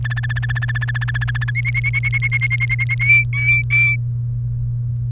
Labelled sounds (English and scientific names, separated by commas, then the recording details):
Domestic Canary (Serinus canaria) song
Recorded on 1 May 2018 at 11:30
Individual llb3